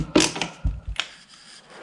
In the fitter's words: that's all locked into place now that's solid